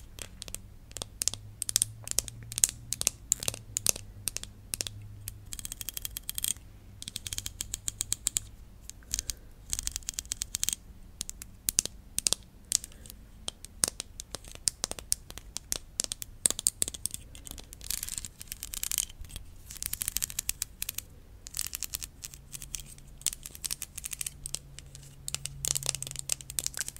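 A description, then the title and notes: Tingly tapping and scratching, made of dense, irregular clicks and scrapes that crowd together with only brief pauses. Crisp, bright bursts of varying loudness run throughout the 27 seconds, while a faint low hum drifts in and out underneath. ASMR Tingly Tapping, Tracing & Scratching.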